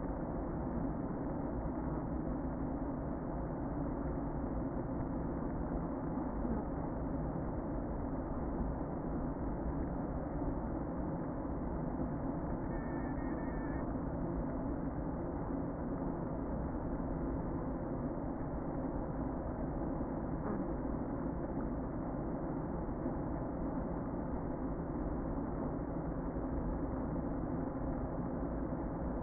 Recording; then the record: honeybee colony, microphone inside the hive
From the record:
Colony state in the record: queen present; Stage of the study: before two queens were removed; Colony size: about 60,000 bees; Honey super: yes